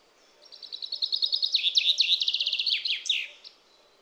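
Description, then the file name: Common chaffinch song: a bright trill of repeated notes descending in steps over about three seconds, closing with a quick flourish. "Fringilla coelebs"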